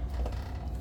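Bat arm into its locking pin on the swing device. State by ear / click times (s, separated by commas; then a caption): not seated / none. The bat arm of a swing device is pulled back toward the spring-loaded pin that will lock it in the cocked position, giving off low mechanical creaking and ratcheting sounds with a brief sharper knock around 0.3 s. The arm has not latched yet; nothing has clicked or seated by the end of the clip.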